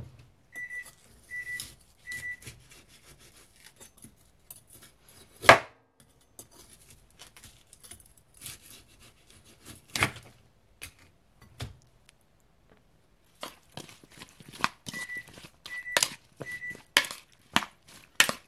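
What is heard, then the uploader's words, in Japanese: Sounds of making a dinner side dish in a small kitchen: scattered clicks, taps and knocks from handling utensils and containers, with a few sharper bangs near 5.5 and 10 seconds. Three short beeps sound near the start and again around 15 seconds. お夕飯のおかずメイキング中の音。台所のoto。調味料開ける音。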